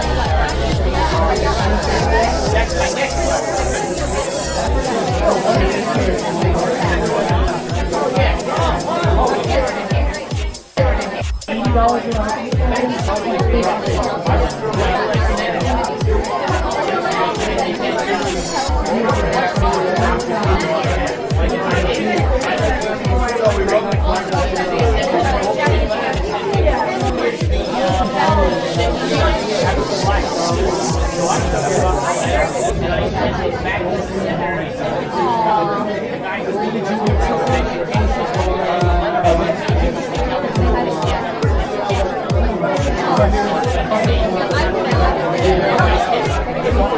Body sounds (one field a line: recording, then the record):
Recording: background sound without coughing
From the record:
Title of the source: Nightlife Party Simulating Party Club Noise 1 Hour